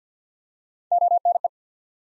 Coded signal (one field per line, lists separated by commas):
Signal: Morse code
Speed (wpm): 50 wpm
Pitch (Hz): 700 Hz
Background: none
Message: O N E